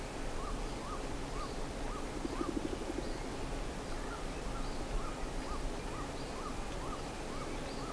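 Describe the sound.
Bird calls: short notes repeated about twice a second, with faint high chirps over a steady noisy background.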